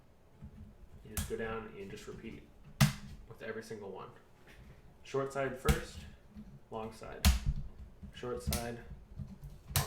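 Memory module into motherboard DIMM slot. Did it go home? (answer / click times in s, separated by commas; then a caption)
yes / 9.8 s. Server memory modules are fitted into DIMM slots on a Gigabyte GA-7PESH2 dual-socket LGA2011 motherboard, each pressed down short side first and then long side until the white retention tabs close on their own. Someone talks throughout, with several sharp ticks between phrases. A crisp click at 9.8 s marks the long side of a module seating in its slot.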